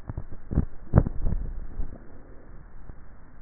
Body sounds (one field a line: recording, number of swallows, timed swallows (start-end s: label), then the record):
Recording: swallowing sounds by neck microphone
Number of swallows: 1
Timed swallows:
1.12-1.88 s: swallow
From the record:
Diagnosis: dysphagia